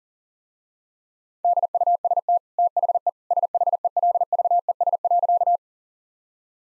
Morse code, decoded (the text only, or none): DUST THE SHELVES.